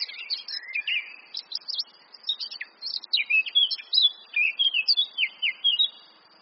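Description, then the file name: Eurasian blackcap song: a rapid, scratchy warble of high chattering notes that turns into clearer, fluting whistled phrases. "Sylvia atricapilla"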